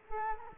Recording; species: mosquito wingbeat signal from an infrared sensor; Culex quinquefasciatus